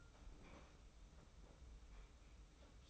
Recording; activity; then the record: daily activity, microphone in the room; open fridge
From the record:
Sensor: 1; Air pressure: 991.0 hPa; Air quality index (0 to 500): 110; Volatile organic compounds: 106 ppm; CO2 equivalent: 3794 ppm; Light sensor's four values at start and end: 24/55/23/25 and 24/55/23/25